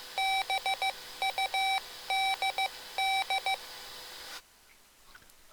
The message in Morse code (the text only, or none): BUDD